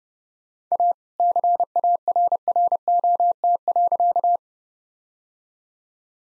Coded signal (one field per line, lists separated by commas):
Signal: Morse code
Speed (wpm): 30 wpm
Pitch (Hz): 700 Hz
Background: none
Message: A CARROT.